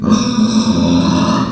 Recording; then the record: squeal of a Yucatan mini pig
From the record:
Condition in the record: after surgery on the right vocal fold (resection and tissue-engineered implant); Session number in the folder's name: 12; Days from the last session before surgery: 105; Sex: female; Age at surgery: 19 weeks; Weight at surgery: 25 kg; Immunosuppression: prednisolone